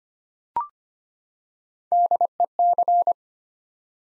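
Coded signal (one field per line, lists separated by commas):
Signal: Morse code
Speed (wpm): 25 wpm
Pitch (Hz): 700 Hz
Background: none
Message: DEC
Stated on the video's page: Morse practice set for beginners building 8-letter words three letters at a time at 25 wpm, aimed at instant character recognition.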